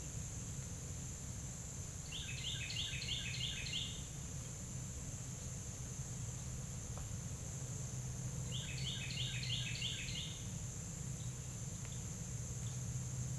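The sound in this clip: Carolina wren song, two bursts of rapid rolling phrases repeated five or six times, over a steady high insect drone and low rumble.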